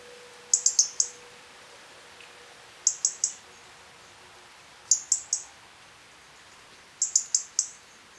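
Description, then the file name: European robin giving very high, thin ticking calls in tight clusters of three or four, repeated about every two seconds against a quiet background. "Erithacus rubecula"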